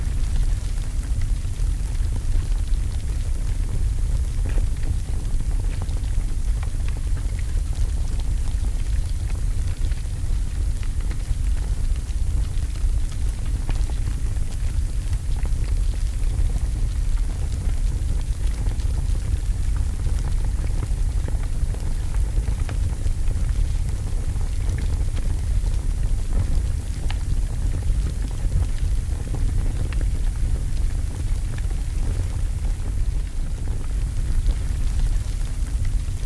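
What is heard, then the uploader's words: A fireplace burns steadily, a dense low rumble of flame with no pauses. Small crackles and pops scatter throughout, thin and irregular, over a soft hiss. The level stays even from start to finish, unchanging. Cozy Cabin In The Woods Ambience | Relaxing Fireplace Sounds.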